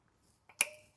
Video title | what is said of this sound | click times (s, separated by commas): 6.7 Powerstroke DCR Conversion Install | You'll hear it click. | 0.6 s